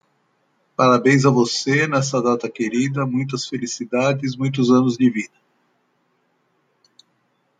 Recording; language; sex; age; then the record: short text; Brazilian Portuguese; female; 60 to 69 years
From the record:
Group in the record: control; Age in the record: 61 years